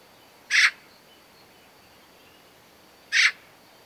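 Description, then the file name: Eurasian magpie: two separate harsh, rasping notes from a Eurasian magpie, spaced about two and a half seconds apart against a quiet background. "Pica pica"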